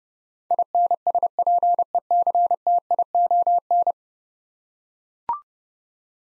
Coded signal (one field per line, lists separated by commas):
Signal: Morse code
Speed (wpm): 30 wpm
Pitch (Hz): 700 Hz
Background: none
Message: INSPECTION